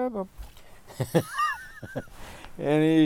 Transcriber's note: makes noise, laughs